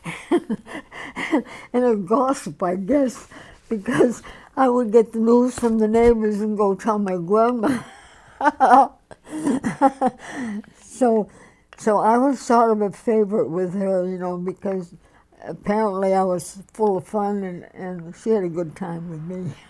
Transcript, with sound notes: And a gossip, I guess, because I would get the news from the neighbors and go tell my grandmother. (she laughs) So, so I was sort of a favorite with her, you know, and because apparently I was full of fun, and, and she had a good time with me.